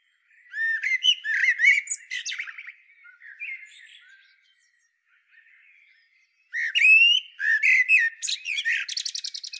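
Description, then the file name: Eurasian blackbird: a rough, squawking chatter, a quieter twittering interlude, then another loud, harsh run of notes ending in a rattling sequence. "Turdus merula"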